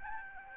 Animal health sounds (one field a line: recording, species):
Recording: mosquito wingbeat signal from an infrared sensor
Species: Aedes albopictus